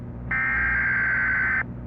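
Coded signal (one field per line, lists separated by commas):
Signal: Emergency Alert System (SAME) tones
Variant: header bursts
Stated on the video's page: Emergency alert inside an analog horror game.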